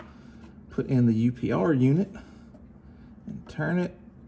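Someone talks while handling a UPR quick oil drain valve that twist-locks into the engine oil pan drain plug under a 2022 Explorer ST, turning it toward its stop. Nothing has seated or clicked yet in this clip. Its stronger metal tabs mean it will not give the big click of the factory part when it locks.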